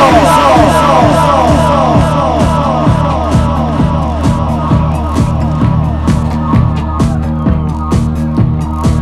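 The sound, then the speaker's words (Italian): A loud crowd at the Alias in Florence cheers, yells and whoops with sustained clapping for Mr. Andrea Doria, all over a steady pounding rhythmic techno beat that runs the whole time. “È doveroso a mister Andrea Doria un applauso!”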